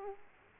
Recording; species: mosquito wingbeat signal from an infrared sensor; Aedes aegypti